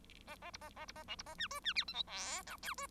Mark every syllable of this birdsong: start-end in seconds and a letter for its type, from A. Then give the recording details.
0.27-0.36 A, 0.41-0.51 A, 0.53-0.58 B, 0.61-0.69 A, 0.76-0.85 A, 0.87-0.92 B, 0.95-1.03 A, 1.07-1.16 C, 1.18-1.23 B, 1.26-1.35 A, 1.38-1.47 D, 1.50-1.60 E, 1.63-1.73 D, 1.75-1.84 F, 1.87-1.94 G, 1.94-2.03 H, 2.06-2.42 I, 2.46-2.57 J, 2.62-2.74 K, 2.77-2.87 E. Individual Bird1